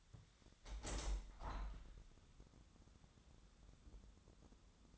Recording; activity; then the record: daily activity, microphone in the room; open window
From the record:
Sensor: 3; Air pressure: 1006.5 hPa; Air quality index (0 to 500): 202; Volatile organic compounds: 17 ppm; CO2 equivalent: 2574 ppm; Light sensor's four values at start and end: 10/24/10/10 and 10/24/10/10